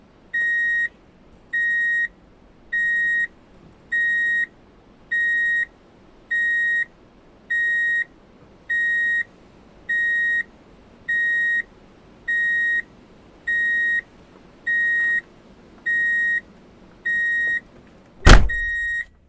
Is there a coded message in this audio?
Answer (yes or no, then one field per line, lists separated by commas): no